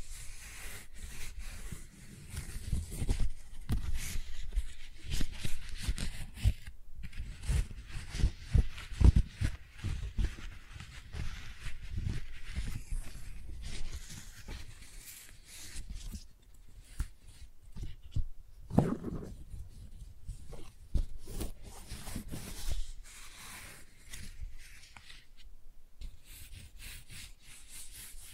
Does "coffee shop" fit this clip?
no